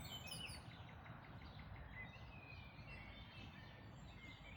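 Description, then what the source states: Faint birdsong: several birds give thin whistles and trills over a loud, steady low rumble. Dawn chorus, May 2026.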